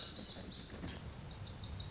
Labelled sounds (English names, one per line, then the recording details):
Lazuli Bunting
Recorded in Sonoma County, California